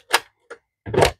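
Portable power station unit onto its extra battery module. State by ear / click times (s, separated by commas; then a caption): seated / 0.5 s. An EcoFlow River 3 Max Plus portable power station is set onto its plug-and-play, cable-free extra battery base, with a sharp knock at 0.1 s and a brief click at 0.5 s, followed by a louder, longer clatter from about 0.9 to 1.1 s. The click at 0.5 s confirms the unit has seated and locked onto the battery module.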